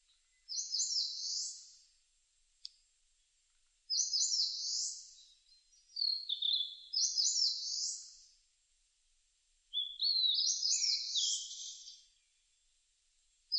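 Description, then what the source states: Eastern crowned warbler repeating a high buzzy rising phrase every few seconds, with a few lower thin sliding notes between songs. Recorded 18 June 2006.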